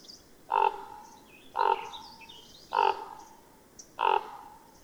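Bird calling with four hoarse croaks roughly a second apart, with soft high-pitched chirping in the background.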